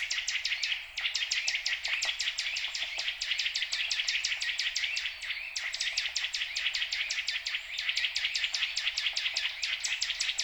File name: Sitta europaea